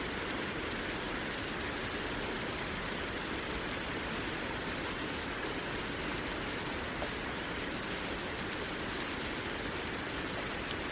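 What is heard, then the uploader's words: Rain falls in a steady, dense hiss that fills the whole clip without pause. The sound is even and bright, with a soft rumble underneath and fine crackling patter from countless drops, never rising or fading. Serene Rain Sounds.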